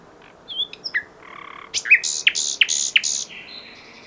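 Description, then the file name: Common nightingale singing a varied phrase: thin whistles, then a few loud, sharp, falling strokes, closing on a buzzy trill. "Luscinia megarhynchos"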